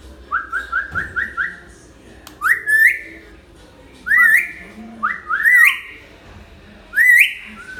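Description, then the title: Hill myna song: a quick stepped series of short whistles, then loud rising whistles with buzzy overtones, repeated about every second or two. Lively-singing (gacor) hill myna; recording intended as a tutor track (masteran) for training birds. "Suara Burung Beo Gacor Cocok Untuk Masteran"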